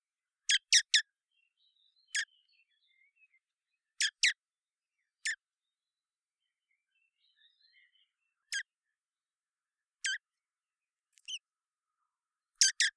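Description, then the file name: Common blackbird calling with hard, dry chink notes, some doubled or tripled, irregularly spaced, with faint high twittering between them. "Turdus merula"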